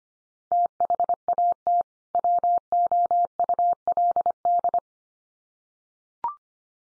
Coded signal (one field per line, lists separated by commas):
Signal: Morse code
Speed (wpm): 25 wpm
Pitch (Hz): 700 Hz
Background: none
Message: THAT WOULD